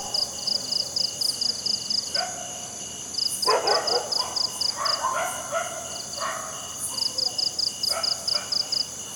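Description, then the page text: Cricket chirping in quick high buzzy pulses, interrupted by gaps, with overlapping bursts of other animal calls. Crickets at night in a jungle. "Crickets Night Jungle TonwagenSfxLab"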